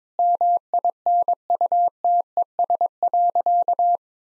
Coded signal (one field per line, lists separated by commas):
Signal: Morse code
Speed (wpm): 22 wpm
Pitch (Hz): 700 Hz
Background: none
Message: MINUTES.